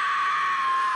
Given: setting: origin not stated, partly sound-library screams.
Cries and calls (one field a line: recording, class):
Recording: one-second piece from a danger detection set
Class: woman in danger